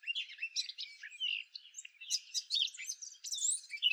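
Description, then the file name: Eurasian blackcap song: continuous rich warbling of quick, varied notes, some sliding whistles rising into higher, clearer tones toward the end. "Sylvia atricapilla"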